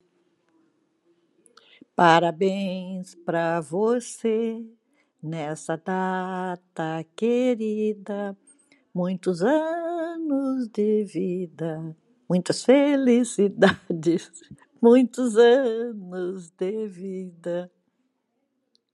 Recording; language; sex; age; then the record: short text; Brazilian Portuguese; female; 80 to 89 years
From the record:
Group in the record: control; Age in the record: 85 years